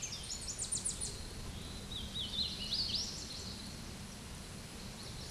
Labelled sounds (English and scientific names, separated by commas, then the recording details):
Hooded Warbler (Setophaga citrina) song
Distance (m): 35 m
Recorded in a Pennsylvania forest on 18 May 2023 at 13:07
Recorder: AudioMoth, point grid1_20_low
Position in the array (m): 45 m, 199 m